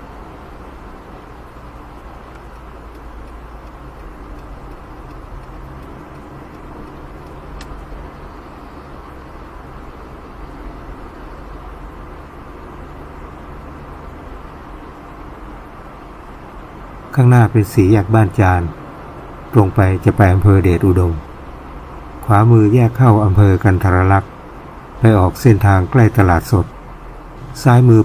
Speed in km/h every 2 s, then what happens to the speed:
76, 75, 76, 76, 76, 75, 74, 71, 70, 68, 68, 67, 67, 67.
0-28 slows to 67.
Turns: none.